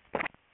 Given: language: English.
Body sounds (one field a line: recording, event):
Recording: throat vibration sensor signal played as sound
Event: swallow